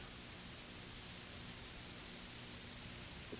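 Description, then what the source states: Handsome trig song: a very high, thin continuous trill. Stumbling, grating trill.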